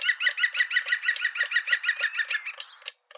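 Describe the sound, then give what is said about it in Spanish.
A bird calls in a fast, steady run of harsh, squawking notes, loud and evenly spaced, then breaks off into a few scattered final squawks. No voices are heard. “Hombre, está el pájaro observador por ahí, pero va a ser difícil descifrar su respuesta.”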